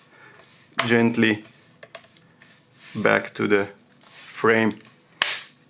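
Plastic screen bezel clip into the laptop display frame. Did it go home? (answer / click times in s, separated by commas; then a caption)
yes / 5.2 s. Fingers press the plastic screen bezel of an HP 255 G8 laptop gently back onto the display frame while someone talks, with a few faint ticks around 1.8 to 2.4 seconds. At 5.2 seconds a corner clip snaps into the frame with a sharp, loud click, and the bezel is seated.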